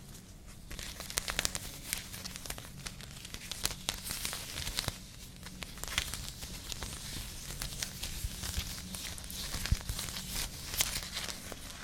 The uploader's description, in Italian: delle unghie fra una borsa fatta all'uncinetto